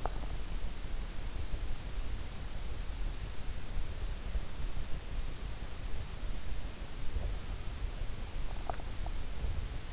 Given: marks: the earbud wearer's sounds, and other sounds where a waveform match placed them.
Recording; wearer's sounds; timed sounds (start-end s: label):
sounds in sleep by an in-ear microphone; swallowing
8.47-8.76 s: swallowing